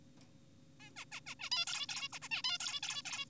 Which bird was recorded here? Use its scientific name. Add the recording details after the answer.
Taeniopygia guttata. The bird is an adult. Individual g4p5U